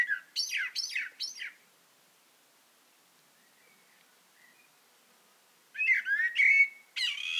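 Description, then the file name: Eurasian blackbird giving four quick sharp notes, a quiet gap, then more sharp squeaky notes. "Turdus merula"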